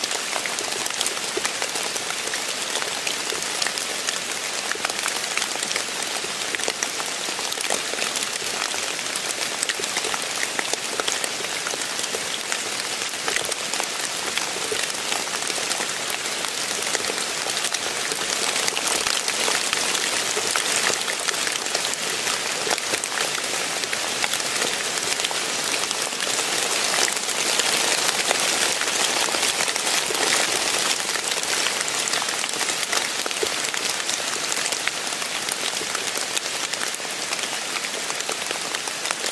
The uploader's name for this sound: Precipitation